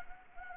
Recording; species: mosquito wingbeat signal from an infrared sensor; Anopheles arabiensis